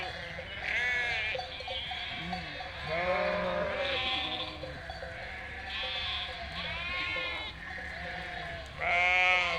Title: 847 Rue de Vars, 73310 Chindrieux, France - Troupeau de moutons